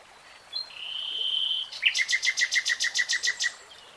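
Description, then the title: Nightingale song with a long level whistle followed by a rapid, even series of many loud repeated clicking notes. "[Tiếng chim hót] Nightingale Singing"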